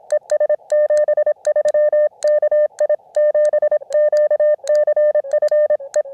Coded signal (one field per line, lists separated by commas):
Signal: Morse code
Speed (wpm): 25 wpm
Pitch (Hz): 600 Hz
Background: none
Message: ES 73 KI7QCF E